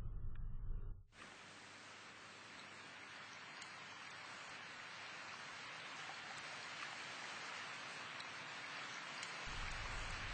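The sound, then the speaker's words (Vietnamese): Steady October rain falls on a heavy day in a dense, even hiss that starts abruptly after a brief low rumble and holds at a constant level to the end, with no voices. “Trời đang tiết tháng 10, một ngày nặng nề, mưa nhiều.”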